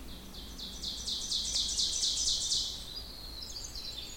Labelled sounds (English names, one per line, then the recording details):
Ovenbird song
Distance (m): 30 m
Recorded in boreal forest in Alberta, Canada, on 16 June 2016 at 06:39
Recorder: SongMeter 3, array SBT-3-32
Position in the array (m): 152 m, 33 m
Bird 36